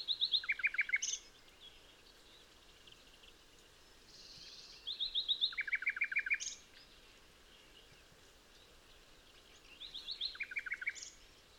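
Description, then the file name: Common nightingale singing three separate phrases of fast, staccato repeated notes, each with a high stutter and a lower rolling trill, separated by pauses of a few seconds. "Luscinia megarhynchos"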